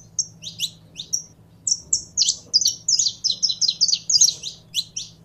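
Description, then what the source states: Canary singing a few separate chirps, then a sustained flowing trill of bright, repeated high notes, with a faint hum in the background. Song of a purebred Belgian canary.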